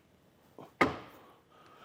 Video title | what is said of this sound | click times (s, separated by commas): Feature Breakdown of the Kuat Piston Pro X Bike Rack for 2 Bikes - 2022 Volkswagen Atlas Cross Sport | and that's really solid as far as how it clicks into place | 0.8 s